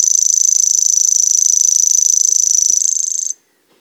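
Grasshopper producing an even, shrill pulsed buzz that ends sharply after a few seconds, with a brief silence afterward.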